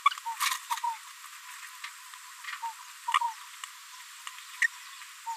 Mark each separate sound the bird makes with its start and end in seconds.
0.06-0.09, 0.11-0.13, 3.14-3.19, 4.62-4.67